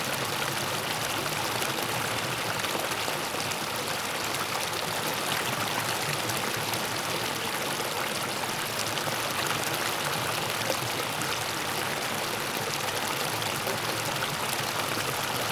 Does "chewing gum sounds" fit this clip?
no